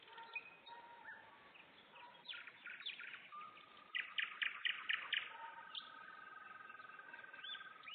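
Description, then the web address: Nightingale song: a loud series of quick pulsed notes, then softer whistled phrases. Singing in Turek, Poland. "slowik spiew slowika w turku"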